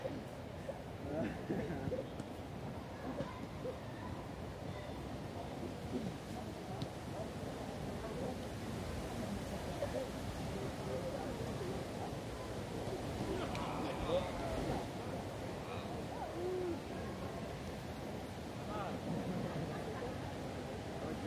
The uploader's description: the vibrant mix of people passing by, fragments of conversations, distant Blaskapelle, and the distant sounds of football and badminton matches